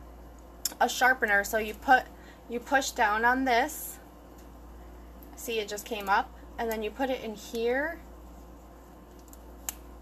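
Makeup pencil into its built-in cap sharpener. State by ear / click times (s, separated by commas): seated / 9.7 s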